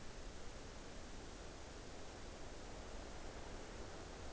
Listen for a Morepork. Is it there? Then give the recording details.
no. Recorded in New Zealand on 29 April 2014. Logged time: 02:19. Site Ponui